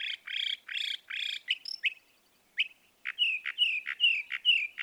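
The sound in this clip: Northern mockingbird song with harsh buzzy repeated phrases, a brief pause, then a series of clear whistled slurs repeated in a steady rhythm.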